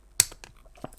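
A center column with its fittings is pushed into the turned sleeve of a replica cipher machine as a tight press fit. It makes a sharp, loud snap at 0.2 s, followed by a few faint ticks. The column seats and holds firmly in the sleeve.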